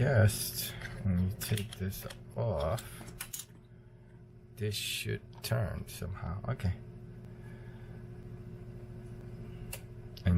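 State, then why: Seated. Someone talks while turning the three-optic turret of a Lensbaby Trio 28 lens for Sony E mirrorless cameras by hand. After a stretch of handling noise, an optic detents into position with clicks at 9.7 s and 10.3 s, seating it in place.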